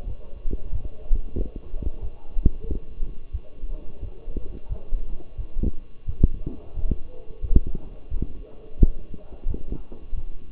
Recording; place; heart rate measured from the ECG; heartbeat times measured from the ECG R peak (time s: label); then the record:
heart sounds by stethoscope; between the tricuspid and mitral areas; 89 bpm
0.06 s: heartbeat
0.71 s: heartbeat
1.36 s: heartbeat
2.01 s: heartbeat
2.66 s: heartbeat
3.32 s: heartbeat
4.01 s: heartbeat
4.69 s: heartbeat
5.36 s: heartbeat
6.06 s: heartbeat
6.75 s: heartbeat
7.41 s: heartbeat
8.09 s: heartbeat
8.78 s: heartbeat
9.46 s: heartbeat
10.14 s: heartbeat
From the record:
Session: walking at 3.7 km/h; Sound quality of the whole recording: partially saturated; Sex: male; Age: 24 years